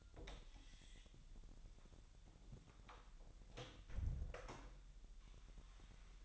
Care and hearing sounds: daily activity, microphone in the room; close door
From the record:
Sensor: 3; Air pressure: 1001.2 hPa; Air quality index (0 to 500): 249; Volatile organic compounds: 176 ppm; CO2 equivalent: 4128 ppm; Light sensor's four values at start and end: 12/28/12/12 and 12/28/12/11

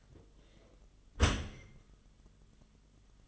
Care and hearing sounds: daily activity, microphone in the room; close dishwasher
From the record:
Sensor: 4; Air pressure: 1005.5 hPa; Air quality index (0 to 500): 105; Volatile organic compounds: 2 ppm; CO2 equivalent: 1300 ppm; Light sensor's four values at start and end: 11/25/10/10 and 11/25/10/10

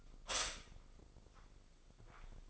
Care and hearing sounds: daily activity, microphone in the room; stop toaster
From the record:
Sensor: 5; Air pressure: 995.4 hPa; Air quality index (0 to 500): 107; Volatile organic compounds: 8 ppm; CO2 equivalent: 2073 ppm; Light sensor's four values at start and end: 33/80/32/32 and 34/81/32/33

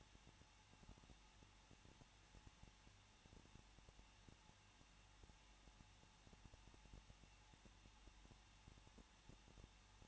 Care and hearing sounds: daily activity, microphone in the room; no activity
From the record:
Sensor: 1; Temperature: 20.1 degrees Celsius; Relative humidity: 39.2%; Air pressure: 1006.3 hPa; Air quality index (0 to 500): 218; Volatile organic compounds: 77 ppm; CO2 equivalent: 3583 ppm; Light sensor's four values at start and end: 1/2/1/1 and 1/2/1/1

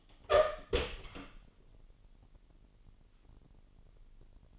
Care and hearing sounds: daily activity, microphone in the room; open door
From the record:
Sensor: 4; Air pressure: 999.2 hPa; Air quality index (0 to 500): 116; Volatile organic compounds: 2 ppm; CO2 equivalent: 1143 ppm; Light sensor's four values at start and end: 13/31/12/13 and 13/34/13/15

